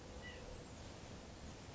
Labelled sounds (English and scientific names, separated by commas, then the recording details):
White-breasted Nuthatch (Sitta carolinensis)
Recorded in Sonoma County, California